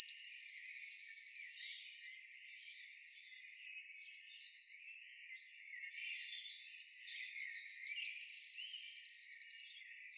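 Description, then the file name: Eurasian blue tit calling twice: each call is a high slurred note dropping into a rapid, churring trill, with fainter notes between. "Cyanistes caeruleus"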